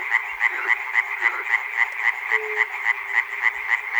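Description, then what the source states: Frogs calling together, a string of sharp pulsed croaks repeating several times a second over a continuous chorus hum. Frogs recorded at Chernobyl by Peter Cusack.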